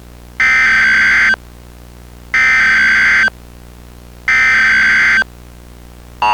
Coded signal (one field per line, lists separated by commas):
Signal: Emergency Alert System (SAME) tones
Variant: header bursts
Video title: EAS Sneak Peek - the corruption phenomenon